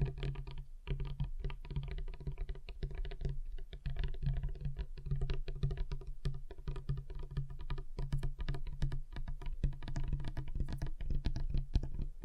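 Fingers tap on a table in a quick, uneven patter, the sharp clicks coming several times a second for the whole twelve seconds, much like typing on a keyboard. A low steady hum runs underneath throughout, and brief pauses break the tapping near one and four seconds.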